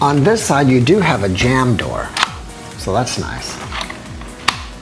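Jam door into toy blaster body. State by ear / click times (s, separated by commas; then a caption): seated / 4.5 s. Someone talks while the plastic jam door on the side of a Nerf Roblox Pulse Laser toy dart blaster is closed. The door gives a sharp snap at 4.5 s as it seats into place.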